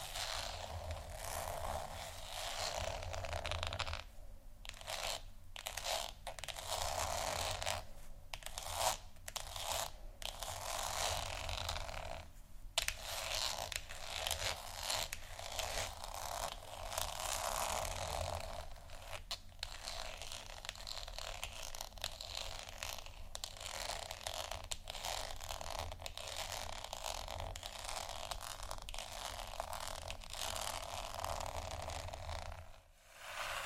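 Scratching sounds run nearly the whole time, a dense, rough, bright texture broken by short pauses every few seconds, notably around 4, 12 and 33 seconds. A steady low hum sits underneath throughout, and the scratching swells and thins in irregular bursts.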